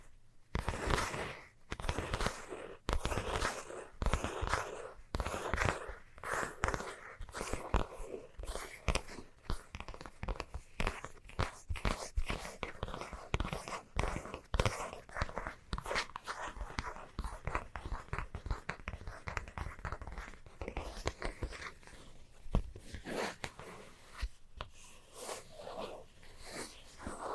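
Fast scratching goes on without pause, dense rapid rasping strokes with crunchy bursts, slightly softer and sparser in the last few seconds.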